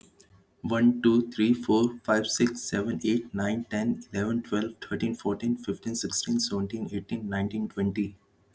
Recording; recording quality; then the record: counting at a fast pace; excellent, no background noise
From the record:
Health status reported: healthy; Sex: male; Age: 34 years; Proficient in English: yes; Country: India